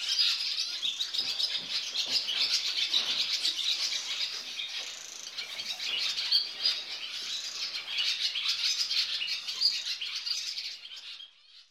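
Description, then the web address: Barn swallow song, a continuous rapid twittering chatter of high notes with chirps and trills, running steadily until it fades at the very end. On telephone wires; in a barn. "Swedish Bird Songs Ladusvala, Hirundo rustica"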